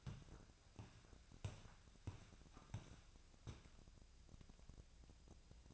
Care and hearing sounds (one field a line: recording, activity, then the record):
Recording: daily activity, microphone in the room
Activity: walk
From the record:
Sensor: 2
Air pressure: 1012.1 hPa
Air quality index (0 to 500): 170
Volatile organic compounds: 2 ppm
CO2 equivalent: 1241 ppm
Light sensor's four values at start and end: 42/112/47/52 and 44/109/48/54